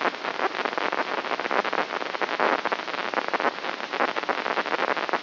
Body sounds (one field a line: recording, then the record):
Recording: brain microelectrode recording played as sound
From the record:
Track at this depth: outside the subthalamic nucleus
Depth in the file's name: 6.629 mm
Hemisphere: left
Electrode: 3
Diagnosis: Parkinson's disease